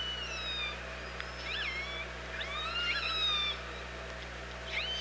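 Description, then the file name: Orca calls: overlapping harmonic calls with rising and falling sweeps and a long whistled level tone, over steady low hum. Recorded at OrcaLab on 24 August 2017, around 07:46. "Orca Lab UTLN JASON 20170824 074610"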